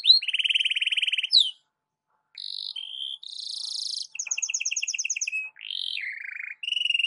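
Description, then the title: Canary song in clean high phrases: a long buzzy trill, short whistled notes, a fast rattling trill and rising sweeps, broken by a brief silence. Belgian canary song, presented as morning warm-up singing suited for masteran (song tutoring). "Canto Para Esquentar Canário Belga. SUARA BURUNG KENARI DI PAGI HARI COCOK BUAT MASTERAN"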